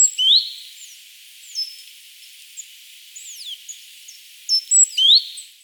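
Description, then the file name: Great tit call: a rising whistled note at the start and a burst of sharp high notes near the end, with other small birds calling between. "Parus major"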